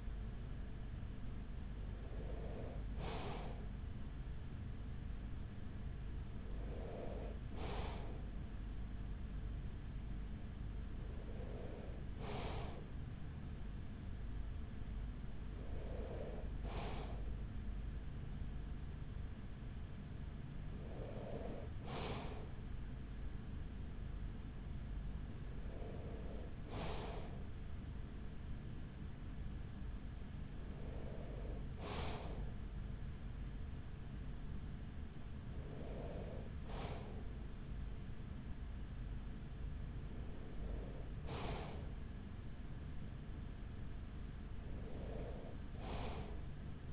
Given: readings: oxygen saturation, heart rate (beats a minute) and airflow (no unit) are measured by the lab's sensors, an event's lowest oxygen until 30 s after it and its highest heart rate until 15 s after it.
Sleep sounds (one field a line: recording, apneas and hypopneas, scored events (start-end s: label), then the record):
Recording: breathing in sleep by a smartphone at the bedside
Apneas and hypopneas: none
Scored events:
31.00-46.93 s: new sleep stage, N3 (deep sleep)
From the record:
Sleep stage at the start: N2 (light sleep)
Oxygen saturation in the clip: 94%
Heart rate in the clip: 42 to 45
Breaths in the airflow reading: 10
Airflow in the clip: -7.4 to 6.0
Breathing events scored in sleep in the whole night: 207 in 7.6 hours asleep